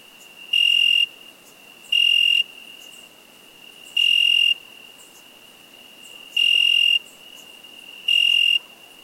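Cricket chirping: five bright, high, pulsed chirps about half a second long, spaced roughly two seconds apart, with a faint steady trill between them.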